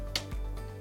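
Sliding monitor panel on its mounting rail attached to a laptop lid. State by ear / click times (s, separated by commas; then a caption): seated / 0.2 s. The bottom of a SideTrak Slide portable monitor panel, on its mounting rail attached to a Mac laptop lid, is pulled harder until its sliding track locks. A loud, very short mechanical click sounds at 0.2 s as the monitor slides firmly home and seats.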